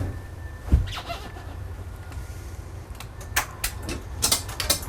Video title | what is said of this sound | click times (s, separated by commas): Mobil Aid Sec Demo-Mini Bus | you can hear them click now go back a little bit okay | 3.4 s, 3.6 s, 4.6 s